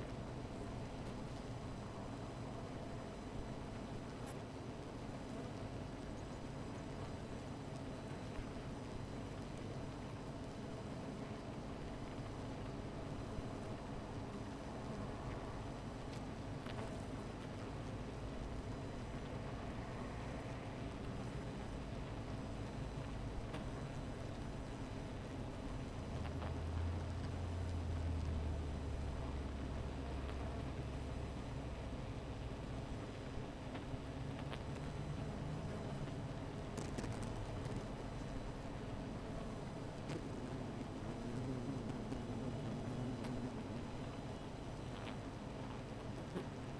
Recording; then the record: honeybee colony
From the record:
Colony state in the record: missing queen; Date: 14 July 2017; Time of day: 17:08